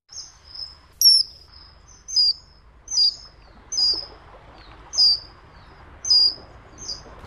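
Common kingfisher calls, high thin piercing whistles, single or doubled, repeated roughly once a second over faint low background hum.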